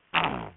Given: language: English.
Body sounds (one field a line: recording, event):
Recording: throat vibration sensor signal played as sound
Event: throat clearing